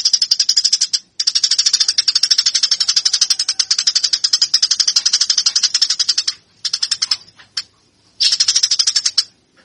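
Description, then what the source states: Eurasian tree sparrow producing sustained rapid chattering, dry pulses running for several seconds, then choppy bursts and one more rattle. Fighting call; master track used for training birds.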